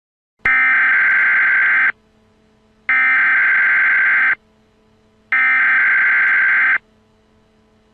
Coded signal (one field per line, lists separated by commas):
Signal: Emergency Alert System (SAME) tones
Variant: header bursts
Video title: Emergency Alert System Test - Nuclear Bomb Attack - 2017